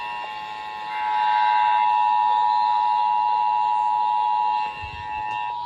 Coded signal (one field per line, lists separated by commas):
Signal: Emergency Alert System (SAME) tones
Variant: 853 and 960 Hz attention tone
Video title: WELCOME DECEMBER EAS 1669-1677